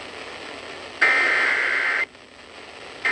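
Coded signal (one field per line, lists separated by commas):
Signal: Emergency Alert System (SAME) tones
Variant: header bursts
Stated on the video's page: Severe thunderstorm warning relayed on an FM station and an AM station.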